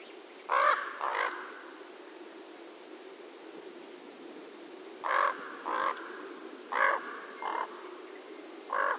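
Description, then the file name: Common raven giving deep, hoarse croaks, a quick pair near the start, then after a pause two more pairs and a single croak. "Holló"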